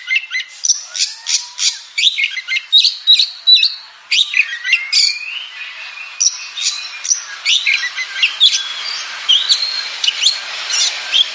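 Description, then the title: Oriental magpie-robin song of quick chattering notes and sweet slurred whistles, some rising, tumbling in short varied bursts; a soft hiss lies underneath in the second half. Champion singing bird. "Kicau Burung Kacer Juara"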